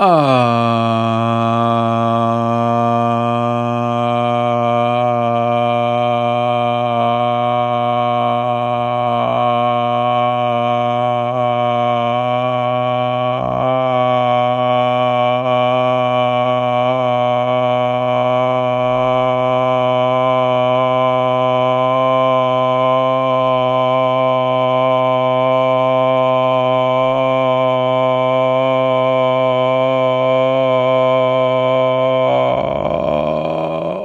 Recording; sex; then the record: sustained vowel /a/; male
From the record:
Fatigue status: fatigue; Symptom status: symptomatic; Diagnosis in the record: COVID-19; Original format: m4a